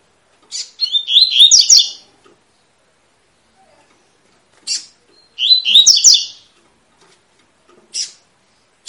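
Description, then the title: Double-collared seedeater repeating the same fast, high warbled phrase twice, with short sharp chip notes before, between and after them. Tui-tui song style, used as a tutor recording for teaching young birds to sing. "COLEIRO TUI TUI FIBRA CANTO PROFESSOR"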